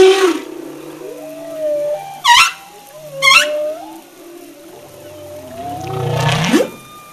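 Humpback whale song: short upswept squeals twice, slow gliding moans, then a rising low groan that sweeps upward at the end.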